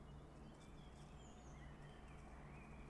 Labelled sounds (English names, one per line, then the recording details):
Common Blackbird
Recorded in Germany
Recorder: ecoPi